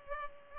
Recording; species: mosquito wingbeat signal from an infrared sensor; Culex pipiens